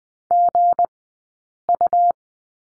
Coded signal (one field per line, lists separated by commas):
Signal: Morse code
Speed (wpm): 20 wpm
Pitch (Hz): 700 Hz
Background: none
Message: GU